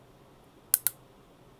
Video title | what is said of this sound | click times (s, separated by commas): Installing and removing SBAP protective cover and SBAF filter | two clicks actually because there will be this tab will click in | 0.7 s, 0.9 s